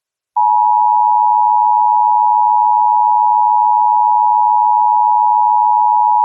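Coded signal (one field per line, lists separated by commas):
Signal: Emergency Alert System (SAME) tones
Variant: 853 and 960 Hz attention tone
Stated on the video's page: Mock test Severe Thunderstorm Warning for northeastern Illinois, a fictional recreation with valid tones.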